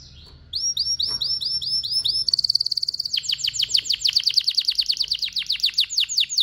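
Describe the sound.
Canary singing, repeated upswept whistles that speed into a rapid high rolling trill, then a long series of quick descending sweeps.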